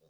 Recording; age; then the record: pig call; piglet (1 to 25 days)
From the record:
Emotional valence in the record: positive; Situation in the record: reunion after long isolation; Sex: female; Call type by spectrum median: low-frequency call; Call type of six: low-frequency tonal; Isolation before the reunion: 8 minutes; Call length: 0.09 s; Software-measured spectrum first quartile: 397 Hz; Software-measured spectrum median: 781 Hz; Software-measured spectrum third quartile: 8521 Hz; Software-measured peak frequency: 496 Hz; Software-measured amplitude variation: 30 dB a second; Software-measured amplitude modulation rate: 5.4 a second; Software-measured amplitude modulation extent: 5.5 dB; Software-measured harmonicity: 5.6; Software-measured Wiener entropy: -3.49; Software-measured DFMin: 574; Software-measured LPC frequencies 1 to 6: 496, 2830, 3755, 4682, 5440, 6113 Hz